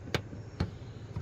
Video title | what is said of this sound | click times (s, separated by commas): LASFIT T3 brightest rear turn signal bulbs 2019-2024 RAV4 | and you'll feel it grab and once it grabs it locks in place and now you come back and | 0.1 s